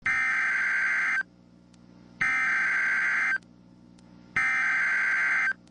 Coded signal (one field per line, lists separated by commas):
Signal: Emergency Alert System (SAME) tones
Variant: header bursts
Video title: Tornado Warning (12/28/25) [EAS #353]